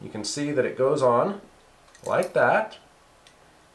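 A thread jam removal tool for a Singer Featherweight 221/222 sewing machine is being pushed over the center pin and into the two holes of the machine's metal bobbin case base. Someone talks throughout. Nothing has seated or clicked yet.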